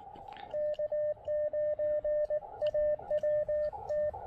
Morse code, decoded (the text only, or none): K9AWT